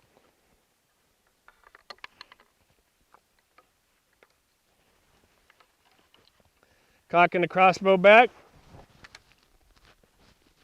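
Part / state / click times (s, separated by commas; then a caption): crossbow string into the trigger latch of the crossbow / seated / 9.1 s. A Barnett Razr crossbow from 2014 has its string drawn back with a rope cocking aid, with faint ticks and rattles around 1.5–2.3 s, and someone talks around 7–8 s. At 9.2 s a sharp click is heard as the string latches into the trigger mechanism and the automatic safety engages, leaving the crossbow cocked.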